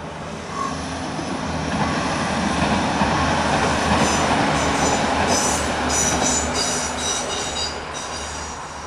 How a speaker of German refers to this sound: Und da kommt der Zug zurück.